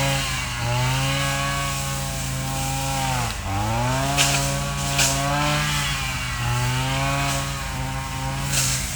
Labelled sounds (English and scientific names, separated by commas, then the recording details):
none
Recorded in secondary vegetation near Puerto Asís, Putumayo, Colombia, on 22 December 2024 at 10:00
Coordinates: 0.499, -76.323
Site G010